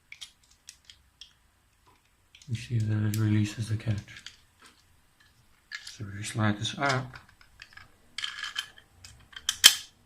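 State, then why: Seated. The 3D-printed plastic plunger of a foam dart gun is slid back into its trigger catch while someone talks, with a few light plastic ticks along the way. Sharp clicks at 9.5 s and 9.7 s mark the printed catch engaging the plunger, which seats it in place.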